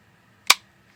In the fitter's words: it's safety will lock into place and uh